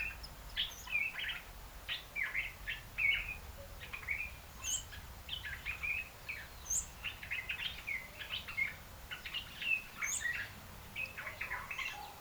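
African red-eyed bulbul chattering calls, short liquid warbled phrases repeated steadily throughout, with a few thin high notes and soft background hiss.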